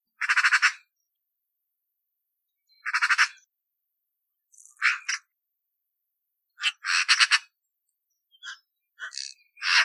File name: Gazza 3 2021